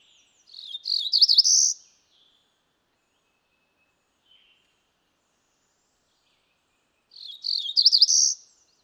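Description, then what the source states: Cerulean warbler song given twice about seven seconds apart, each a run of high buzzy notes ending in a flat buzzy trill; otherwise quiet. Female cerulean warbler.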